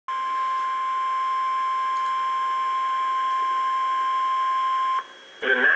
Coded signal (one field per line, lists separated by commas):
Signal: Emergency Alert System (SAME) tones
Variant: 1050 Hz attention tone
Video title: Severe Thunderstorm Warning (EAS #2,026-2,028) - April 17, 2019